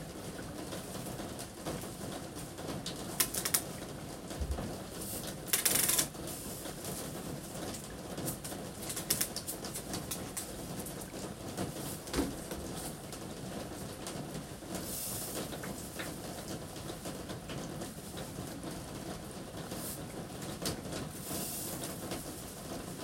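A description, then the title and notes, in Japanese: Rain falls on a roof in a steady, dense patter that holds an even level throughout. Brief brighter bursts stand out around 3, 6 and 15 seconds, like heavier drips or splashes, over a constant low rumble underneath. 今日は梅雨の雨の日。屋根に降る雨の音。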